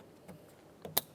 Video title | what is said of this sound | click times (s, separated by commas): How to Replace Power Window Motor & Regulator Assembly 2004-2015 Nissan Titan | listen for a click give it a tug | 1.0 s